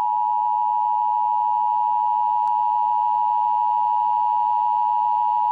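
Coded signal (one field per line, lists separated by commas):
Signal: Emergency Alert System (SAME) tones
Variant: 853 and 960 Hz attention tone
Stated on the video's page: Fictional EAS scenario, not a real alert.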